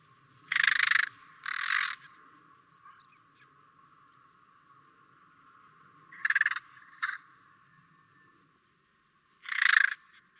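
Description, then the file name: Carrion crow giving harsh, hoarse caws: two quick rasping calls, a pause, a stuttered pair, then one last caw near the end. "Corvus corone"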